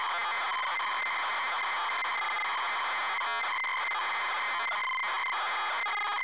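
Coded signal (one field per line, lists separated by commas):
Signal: ZX Spectrum tape loading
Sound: harsh buzzing screech of rapidly alternating tones around one and two kilohertz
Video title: Way Of The Exploding Fist: Zx Spectrum (Loading & Gameplay)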